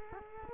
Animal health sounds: mosquito wingbeat signal from an infrared sensor; Culex quinquefasciatus

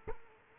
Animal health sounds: mosquito wingbeat signal from an infrared sensor; Culex quinquefasciatus

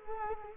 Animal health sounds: mosquito wingbeat signal from an infrared sensor; Culex quinquefasciatus

